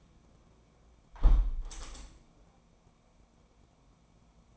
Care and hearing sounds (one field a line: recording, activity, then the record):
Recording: daily activity, microphone in the room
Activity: close window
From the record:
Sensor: 1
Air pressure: 1012.4 hPa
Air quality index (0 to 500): 169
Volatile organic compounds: 3 ppm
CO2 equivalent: 1381 ppm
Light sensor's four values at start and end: 235/539/238/263 and 235/538/238/262